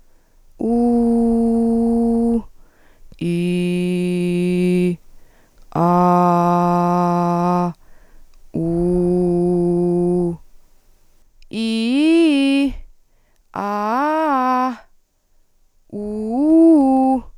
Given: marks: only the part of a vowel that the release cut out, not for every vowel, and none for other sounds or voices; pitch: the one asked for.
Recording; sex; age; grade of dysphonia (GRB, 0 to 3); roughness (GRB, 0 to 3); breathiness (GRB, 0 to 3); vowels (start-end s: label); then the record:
sustained vowels; female; 30 to 39 years; 0; 0; 0
0.78-2.25 s: vowel /u/, high pitch
3.34-4.79 s: vowel /i/, low pitch
5.91-7.55 s: vowel /a/, low pitch
8.68-10.18 s: vowel /u/, low pitch
11.63-12.58 s: vowel /i/, low-high-low pitch
13.67-14.62 s: vowel /a/, low-high-low pitch
16.06-17.09 s: vowel /u/, low-high-low pitch
From the record:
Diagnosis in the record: psychogenic dysphonia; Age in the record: 33 years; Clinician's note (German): Mit Tendenz zu Laryngospasmus